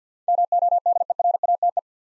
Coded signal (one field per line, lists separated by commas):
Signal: Morse code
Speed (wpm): 47 wpm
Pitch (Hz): 700 Hz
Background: none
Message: MODERATE